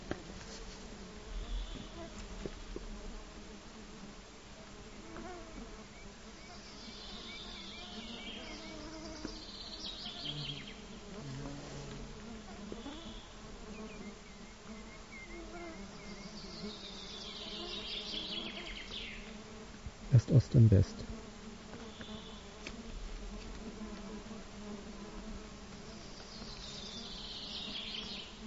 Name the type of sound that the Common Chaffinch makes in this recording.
song